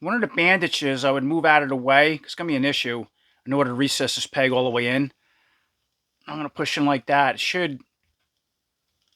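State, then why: Not seated. Someone talks while pushing a plastic peg through the center of the cape into the back of a Super7 Thundercats Mumm-Ra The Ever-Living action figure, moving a bandage out of the way to recess the peg all the way in. No clear snap is heard, and nothing has seated or clicked yet.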